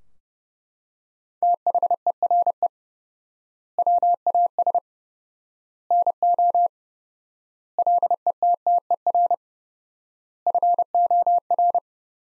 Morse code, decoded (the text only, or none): THERE WAS NO LETTER FOR